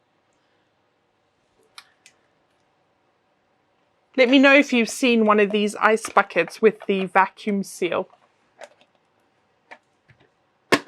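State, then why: Not seated. A lid is pressed onto a vintage vacuum-seal ice bucket to test the seal, and someone talks. A few small knocks are heard, and the lid does not seal, so nothing has seated or clicked yet.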